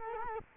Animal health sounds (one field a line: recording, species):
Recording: mosquito wingbeat signal from an infrared sensor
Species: Culex quinquefasciatus